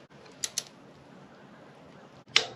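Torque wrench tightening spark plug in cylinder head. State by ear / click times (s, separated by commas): torque reached / 2.4 s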